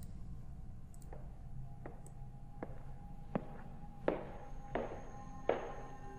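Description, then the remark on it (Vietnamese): Slow, slightly uneven limping footsteps of an old woman shuffle out of a small unlit alley, approaching from far to near, about seven dull taps that grow steadily louder over a low background rumble, with no voices. “Giống như là tiếng bước chân tập tễnh của người già, Lư Học Minh nhìn qua một con hẻm nhỏ bên cạnh, lờ mờ không có ánh đèn.”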